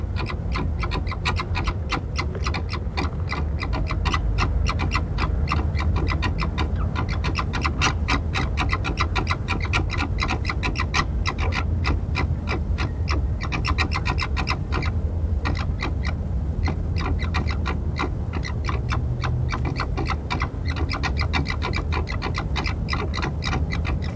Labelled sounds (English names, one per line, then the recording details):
Corsac Fox
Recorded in captivity
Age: adult
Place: Tierpark Berlin, Berlin, DE
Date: 1961-09-18 19:15
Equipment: Minifon, Kopie Smaragd
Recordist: Tembrock, Günter
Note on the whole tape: Zwei Tiere bei Begegnung: Keckern und Winseln, z.T. im Kasten. Ein Tier fiepte auch nach Art des Alopex. Abstand: 2 m